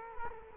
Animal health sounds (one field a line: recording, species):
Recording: mosquito wingbeat signal from an infrared sensor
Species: Culex quinquefasciatus